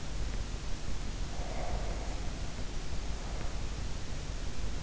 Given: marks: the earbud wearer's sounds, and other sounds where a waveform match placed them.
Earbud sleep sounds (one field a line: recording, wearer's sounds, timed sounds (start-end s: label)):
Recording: sounds in sleep by an in-ear microphone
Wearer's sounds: breath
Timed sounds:
1.10-3.91 s: breath